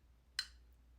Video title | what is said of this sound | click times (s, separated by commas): Chris Reeve Knives Large Sebenza 21 Pocketknife, Carbon Fiber Inlays. Fablades Full Review | a soft sound it's very subtle but when the blade locks in place this | 0.4 s